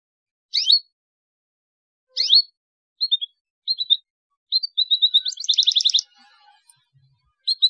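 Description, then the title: Belgian canary song: high chirps and short whistled notes building into a fast buzzy trill, with brief pauses between phrases. Belgian canary song played as a lure to stimulate young canaries into singing. "Canto Para Esquentar Canário Belga. CUITAN KENARI PALING AMPUH MERANGSANG BUNYI KENARI PAUD. PANCINGAN KENARI AGAR GACOR"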